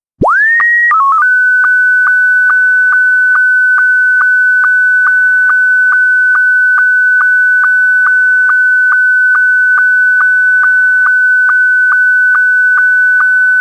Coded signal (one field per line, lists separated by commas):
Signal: SSTV (slow-scan television)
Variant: Scottie 1